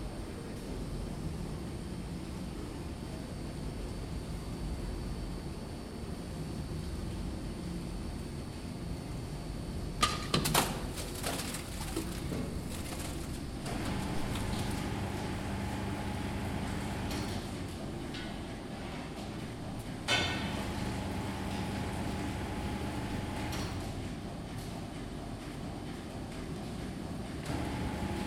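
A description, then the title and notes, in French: An olive oil mill keeps up a steady low mechanical rumble, with sharp clanks near ten and twenty seconds and a thin whine between. Le son du moulin à huile d'olive. Les sons que produit le moulin à huile d'olive de son père, dans un village de la province d'Azilal, dans les contreforts de l'Atlas.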